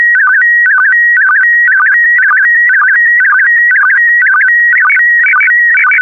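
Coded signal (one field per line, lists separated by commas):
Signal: SSTV (slow-scan television)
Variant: PD120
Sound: warbling whistle-like tone repeating about twice a second with short low chirps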